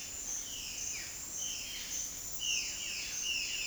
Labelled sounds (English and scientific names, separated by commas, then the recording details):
Violaceous Jay (Cyanocorax violaceus)
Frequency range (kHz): Violaceous Jay (Cyanocorax violaceus) 0.9-6.5 kHz
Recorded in dense forest near Puerto Asís, Putumayo, Colombia, on 21 February 2024 at 07:00
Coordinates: 0.481, -76.318
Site G6421